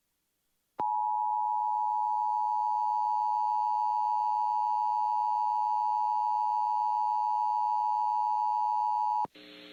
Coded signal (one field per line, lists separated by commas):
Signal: Emergency Alert System (SAME) tones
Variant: 853 and 960 Hz attention tone